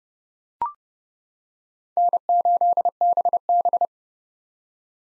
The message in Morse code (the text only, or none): N8BB